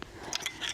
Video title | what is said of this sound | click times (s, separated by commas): Zeroed and ready: from Range to Backcountry | and you can pull it off just like that and it clicks back in. | 0.4 s